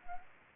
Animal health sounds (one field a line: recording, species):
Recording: mosquito wingbeat signal from an infrared sensor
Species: Anopheles arabiensis